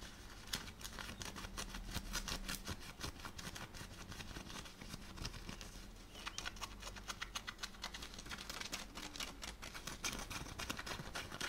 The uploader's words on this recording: ASMR - FABRIC SCRATCHING(Jeans shirt skin scratching, belt sounds).